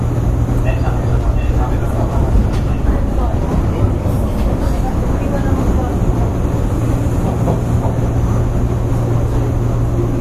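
Inside an old commuter electric train, a steady low motor hum and continuous rumbling wheels roll on, with faint rattles and clicks throughout.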